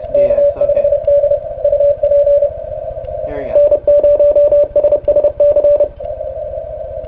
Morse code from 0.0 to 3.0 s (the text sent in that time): K5D UP